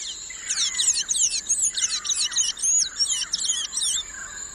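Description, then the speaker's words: Blue-gray Tanager song: high, thin, squeaky notes in rapid twittering bursts, several phrases in a row, with a steady high insect-like hiss behind. Raspy song with many parts, full of 'tees' and 'tsk tsk' notes. "Their song, I think it's very beautiful, but like it's a very raspy song, filled with like tees and tsk tsk and multiple parts too."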